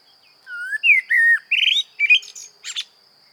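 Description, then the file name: Common blackbird singing a mellow whistled warble of several sliding notes that ends in thin, high, scratchy twitters over a steady faint high tone. "Turdus merula"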